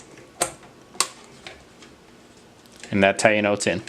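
A RAM module is pushed down into a motherboard DIMM slot until the retention clip snaps shut, giving a loud, sharp click at 1.0 s, with softer clicks around 0.4 s and 1.5 s. The module is seated, and then someone talks from about 2.9 s to the end.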